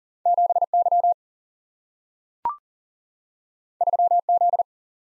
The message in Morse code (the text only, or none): 7Y 3Z